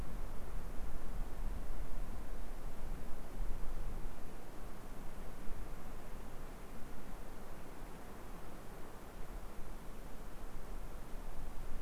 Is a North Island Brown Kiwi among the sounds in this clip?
no